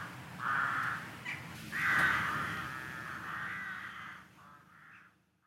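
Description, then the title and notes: Crows cawing: several harsh, drawn-out caws, the loudest early on, with quieter trailing calls at the end. Crows in trees in Eelde, Netherlands, on 1 November 2015. "20151101-Crows - Eelde NL. Sounds of Crows in trees in Eelde NL"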